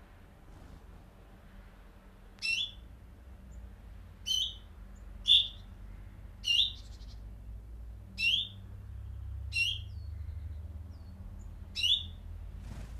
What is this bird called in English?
Common Chaffinch